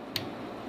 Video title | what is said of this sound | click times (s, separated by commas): Drumchangevideo | there there's the snap on here | 0.2 s